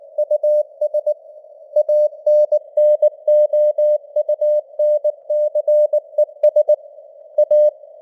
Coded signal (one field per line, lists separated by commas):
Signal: Morse code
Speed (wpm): 19 wpm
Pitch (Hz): 600 Hz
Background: none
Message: US ANNOUNCES A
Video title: Morse Code News | 2025-12-05 | 19wpm